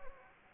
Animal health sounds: mosquito wingbeat signal from an infrared sensor; Anopheles gambiae

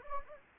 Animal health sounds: mosquito wingbeat signal from an infrared sensor; Anopheles gambiae

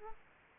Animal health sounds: mosquito wingbeat signal from an infrared sensor; Aedes aegypti

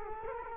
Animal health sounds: mosquito wingbeat signal from an infrared sensor; Culex quinquefasciatus

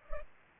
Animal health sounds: mosquito wingbeat signal from an infrared sensor; Culex pipiens

